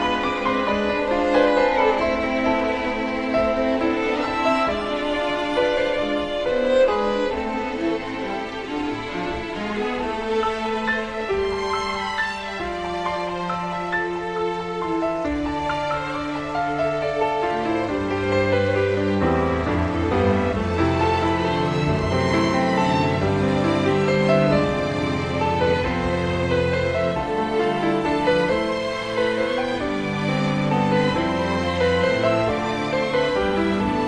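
Smooth jazz plays at an even, steady level throughout, with sustained chords and a melody line weaving above them. A deep bass walks beneath, shifting lower around the fifteen-second mark, then picking up a livelier pattern after eighteen seconds.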